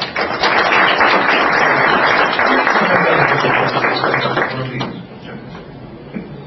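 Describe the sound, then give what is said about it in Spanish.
An audience breaks into steady, dense applause to welcome Dr. Antonio Caponeto before his lecture, holding strong for several seconds, then thinning out and fading to scattered claps near the end. “Es un honor, repito, recibir en esta casa, su casa, doctor, al doctor Antonio Caponeto, para quien pido un aplauso.”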